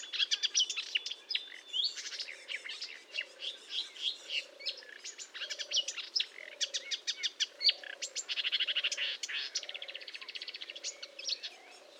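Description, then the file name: Marsh warbler pouring out dense, chattering song of trills and buzzes, while a low, soft note repeats about once a second underneath. Song recorded at Fontaine-Française, Fourneau, on 1 June 2022 at 10:55, using a Nagra recorder with a Telinga microphone. "Rousserolle verderolle 20220601 1055 Fontaine-Francaise-Fourneau"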